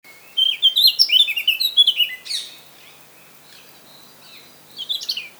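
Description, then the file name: Eurasian blackcap singing a short run of quick chattering and warbled notes, followed by silence and one brief final phrase. "Sylvia atricapilla"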